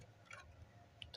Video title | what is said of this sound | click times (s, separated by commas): Let's Build! Episode 289: Knock Off Death Star Finale | And you slot this in to kind of lock into place. So there you go. | 1.0 s